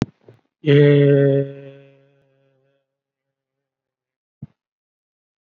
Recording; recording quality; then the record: sustained vowel as in made; moderate, slight background noise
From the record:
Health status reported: COVID-19 positive, mild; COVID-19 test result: positive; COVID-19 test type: RT-PCR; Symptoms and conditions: hypertension, diabetes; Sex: male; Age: 70 years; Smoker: no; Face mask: worn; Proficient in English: no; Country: India